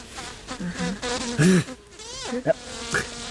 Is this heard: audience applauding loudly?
no